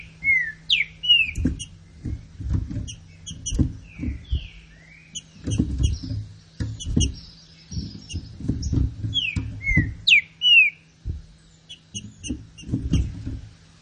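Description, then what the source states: Green-winged saltator giving a few short phrases of slurred falling whistles, about three notes each, amid frequent low knocking and a faint hum. Classic song style (canto clássico) of the green-winged saltator, presented as a training recording.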